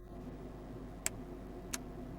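A loosened plastic keycap on a MacBook Neo laptop keyboard's scissor mechanism is slid downwards off its remaining hinge hooks over a steady low background hum. Two small, sharp clicks are heard at 1.1 s and 1.7 s as it unhooks, and the keycap comes off completely.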